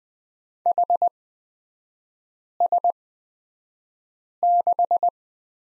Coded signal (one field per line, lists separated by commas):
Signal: Morse code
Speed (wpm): 20 wpm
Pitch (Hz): 700 Hz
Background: none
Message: HS6